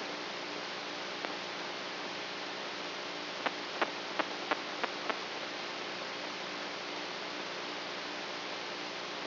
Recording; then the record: brain microelectrode recording played as sound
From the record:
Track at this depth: outside the subthalamic nucleus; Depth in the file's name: 5.002 mm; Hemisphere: right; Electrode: 3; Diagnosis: Parkinson's disease